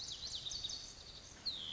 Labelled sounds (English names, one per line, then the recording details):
Lazuli Bunting
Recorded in Sonoma County, California